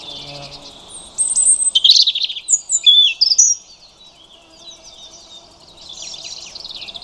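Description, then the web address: European robin giving one rich phrase of high whistles, trills and slurred notes lasting about two seconds, then faint fragments over a quiet background. "Deverinetal 2025 File origin Bird Only Er Ru"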